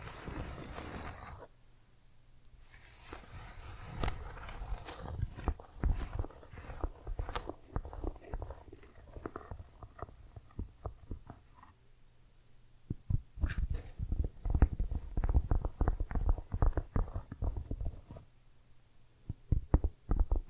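Small corks and tiny bottles are handled, with dense runs of sharp clicks, taps and light knocks from about 3 to 18 seconds. A brief brushing, scraping sound opens the clip, and a low steady hum sits under the quieter stretches.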